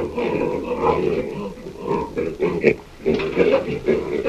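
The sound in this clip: Hamadryas baboon grunting, a run of low, harmonic, pig-like grunts with short barks around the middle and later, repeated unevenly throughout.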